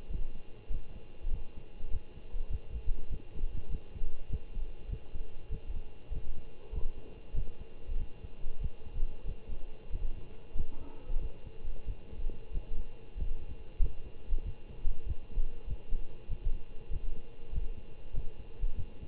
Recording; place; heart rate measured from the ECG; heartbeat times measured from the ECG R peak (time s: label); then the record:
heart sounds by stethoscope; between the tricuspid and mitral areas; 96 bpm
0.09 s: heartbeat
0.69 s: heartbeat
1.30 s: heartbeat
1.90 s: heartbeat
2.49 s: heartbeat
3.09 s: heartbeat
3.69 s: heartbeat
4.28 s: heartbeat
4.88 s: heartbeat
5.49 s: heartbeat
6.11 s: heartbeat
6.71 s: heartbeat
7.34 s: heartbeat
7.96 s: heartbeat
8.59 s: heartbeat
9.25 s: heartbeat
9.90 s: heartbeat
10.54 s: heartbeat
11.19 s: heartbeat
11.85 s: heartbeat
12.52 s: heartbeat
13.16 s: heartbeat
13.79 s: heartbeat
14.43 s: heartbeat
15.05 s: heartbeat
15.66 s: heartbeat
16.28 s: heartbeat
16.90 s: heartbeat
17.51 s: heartbeat
18.13 s: heartbeat
18.75 s: heartbeat
From the record:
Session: Bruce protocol treadmill stress test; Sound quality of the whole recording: good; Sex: male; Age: 25 years